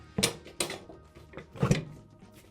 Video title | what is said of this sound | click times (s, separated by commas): Drastically Change The Rear End of Your Harley-Davidson Softail With Two Parts | and they just snap into place. | 0.6 s